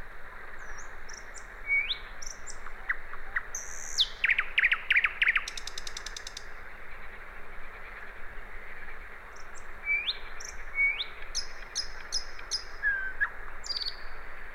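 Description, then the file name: Common nightingale song: clear rising whistles, then a fast rattling trill of sharp notes, then more high whistled phrases after a pause, over a constant low hum. "Luscinia megarhynchos"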